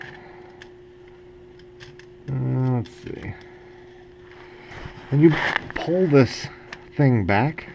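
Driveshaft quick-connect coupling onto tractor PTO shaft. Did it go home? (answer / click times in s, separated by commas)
no / none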